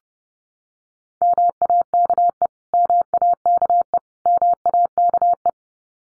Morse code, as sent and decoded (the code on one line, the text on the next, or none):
-- .- -.- . / -- .- -.- . / -- .- -.- .
MAKE MAKE MAKE